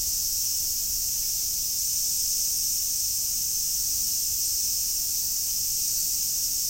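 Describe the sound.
Cicada holding a constant shrill buzz across the whole stretch, unchanging in pitch and loudness.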